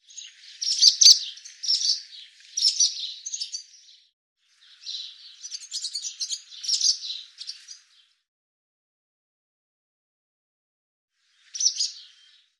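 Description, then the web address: Barn swallow giving bursts of scratchy, chattering twitters in runs of a few seconds, with silent gaps between and one short final burst. "cianscape birddata Deverinetal 2025"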